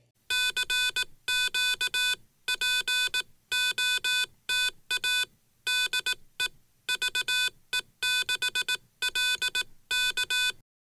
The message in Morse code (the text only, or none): CQ POTA DE VE6LK